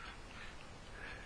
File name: Meditation with a kitten on your chest